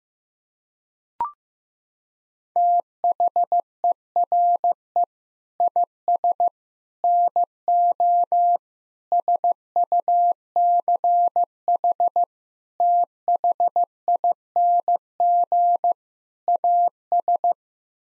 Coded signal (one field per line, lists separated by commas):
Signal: Morse code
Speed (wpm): 15 wpm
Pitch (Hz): 700 Hz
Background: none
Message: THERE IS NO SUCH THING AS